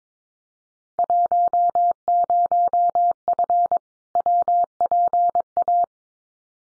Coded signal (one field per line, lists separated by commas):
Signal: Morse code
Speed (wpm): 22 wpm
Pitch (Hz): 700 Hz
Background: none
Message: 10F WPA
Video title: Field Day Exchange Encore 22wpm